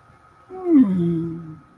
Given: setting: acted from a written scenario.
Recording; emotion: vocal sound without words; serenity